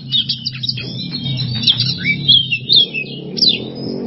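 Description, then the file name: Oriental magpie-robin song, sweet slurred whistles and trills heard above a steady low rumbling hum. Masteran training recording for songbirds; song style called bongkar isian emosi. "Masteran Kacer Bongkar Isian Emosi"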